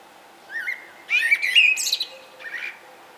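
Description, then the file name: Common blackbird song: a short fluty warble, then a louder run of mellow notes ending in a high, squeaky twittering flourish, with a brief softer phrase after. "Turdus merula"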